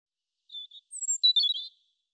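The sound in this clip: European robin song, two soft thin notes, a very high drawn-out whistle, then a quick cluster of warbled twittering notes.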